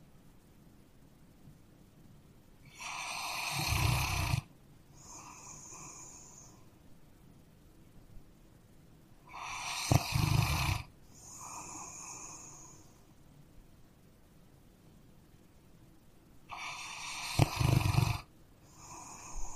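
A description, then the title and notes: A dog snores in slow, regular cycles, about every seven seconds: a loud, raspy inhale with a rough low rattle at its end, then a softer, airy exhale. Between breaths it is quiet. ASMR Dog Snoring.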